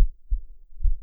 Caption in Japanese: お兄ちゃんの耳に私の胸押し当ててみました。 私の心臓の音聞こえる？。